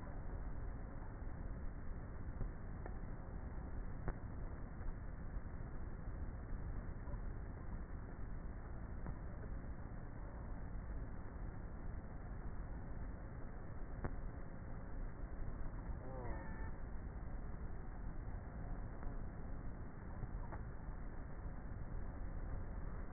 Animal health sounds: honeybee colony, microphone inside the hive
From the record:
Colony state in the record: queenless with a low population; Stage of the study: before two queens were removed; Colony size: about 30,000 bees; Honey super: no

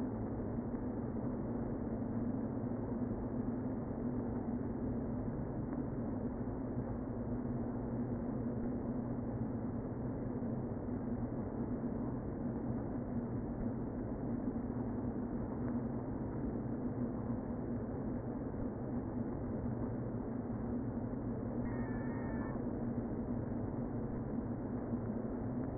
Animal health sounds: honeybee colony, microphone inside the hive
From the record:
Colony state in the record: queen present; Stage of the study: before two queens were removed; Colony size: about 60,000 bees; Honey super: yes

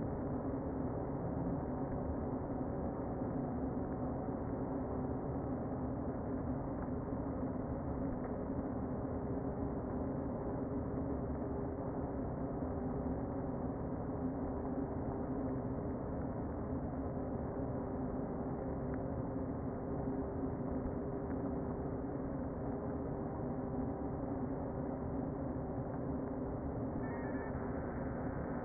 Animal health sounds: honeybee colony, microphone inside the hive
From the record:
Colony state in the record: queen present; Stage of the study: before two queens were removed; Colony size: about 60,000 bees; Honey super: yes

